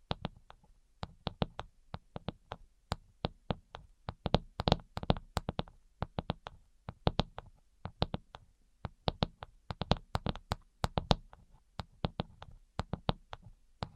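ASMR tapping made with the fingers, a rapid patter of sharp, crisp taps that keeps going through the whole stretch. The taps come in quick clusters with short gaps between them, some of them louder and brighter than others, over a soft low thud beneath.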